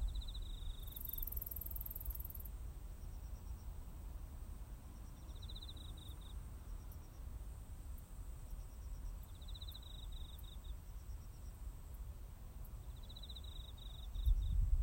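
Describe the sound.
Cricket chirps in short pulsed, high trills of about a second, four bursts spaced several seconds apart over a steady low rumble of background noise.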